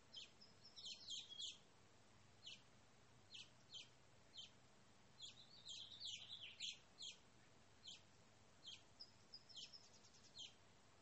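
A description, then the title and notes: Backyard birdsong: quick bright chirps and short trilling phrases come in bursts every second or so over a steady low hum. This is another peaceful episode of the sounds in my backyard.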